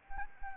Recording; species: mosquito wingbeat signal from an infrared sensor; Anopheles arabiensis